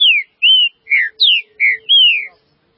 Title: Trinca Ferro